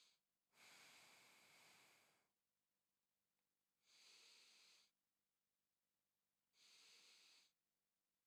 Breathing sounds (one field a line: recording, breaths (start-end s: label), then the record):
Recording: nose breathing near a microphone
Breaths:
0.00-0.32 s: inhalation
0.32-2.32 s: exhalation
3.67-4.97 s: inhalation
6.37-7.82 s: inhalation
From the record:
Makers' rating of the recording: medium